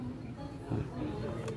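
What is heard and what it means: A radiator cover clip is handled at the radiator mount of a 2024 Raider 150 Fi motorcycle while someone talks over a low background hum. Nothing has seated or clicked yet; the clip is not home.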